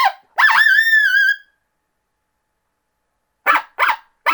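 Coyote giving a wavering howl after a short yip, then a pause and a run of three rough yips.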